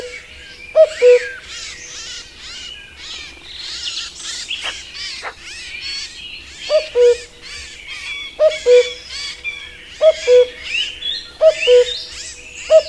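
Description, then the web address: Common cuckoo giving its two-note cu-coo call, a higher note dropping to a lower one, repeated several times with gaps, over a busy chorus of other songbirds. "agykontroll Madardalok Cd 1. Kakukk"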